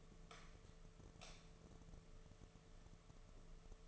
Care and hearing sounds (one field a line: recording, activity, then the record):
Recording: daily activity, microphone in the room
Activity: light on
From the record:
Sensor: 4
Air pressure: 1015.6 hPa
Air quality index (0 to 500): 181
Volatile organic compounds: 8 ppm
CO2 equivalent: 2094 ppm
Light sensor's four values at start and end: 22/53/22/24 and 23/56/24/26